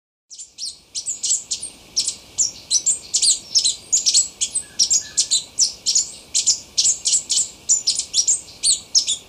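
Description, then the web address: Plushcap calls: a steady stream of high, sharp, twittering chips, with a brief faint lower whistle in the middle. Ecuador. "Birds of Ecuador. Plushcap"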